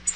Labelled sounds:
Tennessee Warbler (Leiothlypis peregrina) flight call

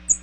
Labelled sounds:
American Redstart (Setophaga ruticilla) flight call

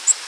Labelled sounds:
Nashville Warbler (Leiothlypis ruficapilla) flight call

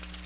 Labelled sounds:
Chestnut-sided Warbler (Setophaga pensylvanica) flight call

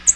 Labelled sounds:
American Redstart (Setophaga ruticilla) flight call

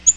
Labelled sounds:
Yellow-rumped Warbler (Setophaga coronata) flight call

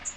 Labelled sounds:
Magnolia Warbler (Setophaga magnolia) flight call

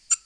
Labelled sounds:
Black-throated Green Warbler (Setophaga virens) flight call

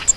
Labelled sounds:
Grace's Warbler (Setophaga graciae) flight call

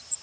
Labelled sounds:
Cape May Warbler (Setophaga tigrina) flight call

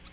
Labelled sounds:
Nashville Warbler (Leiothlypis ruficapilla) flight call

